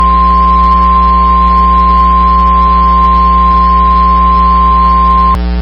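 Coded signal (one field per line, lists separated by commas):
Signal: Emergency Alert System (SAME) tones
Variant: 1050 Hz attention tone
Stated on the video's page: Severe thunderstorm warning alert received on NOAA weather radio.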